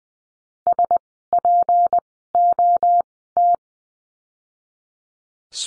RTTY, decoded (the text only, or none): none